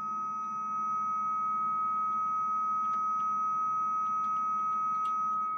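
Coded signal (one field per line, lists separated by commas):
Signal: 300-baud modem data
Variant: Bell 103, 300 baud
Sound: two steady pure tones, one mid and one higher, under low hum, occasional clicks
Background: low hum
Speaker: carrier always gets the higher frequency now listen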